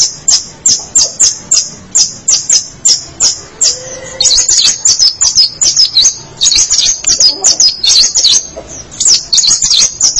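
Long-tailed shrike singing a steady series of high sharp chirps, switching after four seconds to faster, jumbled twittering phrases that continue to the end.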